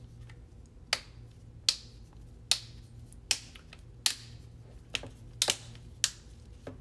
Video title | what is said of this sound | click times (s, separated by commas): How to Repair Beats by Dre Studio 3 Broken Headband | and as this cushion goes back on you should be able to hear these little snaps so | 0.9 s, 1.7 s, 2.5 s, 3.3 s, 4.1 s, 6.0 s